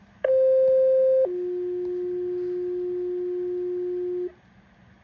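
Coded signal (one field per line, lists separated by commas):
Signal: two-tone page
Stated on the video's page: Two-tone page from a PE-1000 paging encoder.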